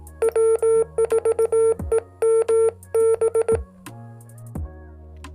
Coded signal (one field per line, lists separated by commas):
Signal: Morse code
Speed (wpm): 18 wpm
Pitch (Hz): 450 Hz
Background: music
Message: W4EMB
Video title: Episode #9 Winter Field Day Preperations